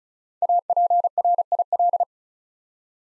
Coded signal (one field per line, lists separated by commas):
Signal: Morse code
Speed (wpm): 36 wpm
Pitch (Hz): 700 Hz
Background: none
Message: APRIL